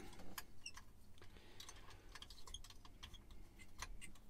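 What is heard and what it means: An empty film spool is handled at the upper spool chamber of a Rolleiflex twin-lens reflex medium-format camera, with the spindle knob pulled out to take it. Small sharp metallic ticks and light rattles sound at about 0.4, 0.7, 2.5 and 3.8 seconds over a low background rumble. Nothing has seated or clicked into the holder yet.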